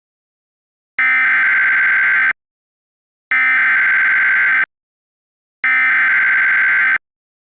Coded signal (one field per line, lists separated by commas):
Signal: Emergency Alert System (SAME) tones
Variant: header bursts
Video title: EAS Mock - Severe Thunderstorm Warning for Massachusetts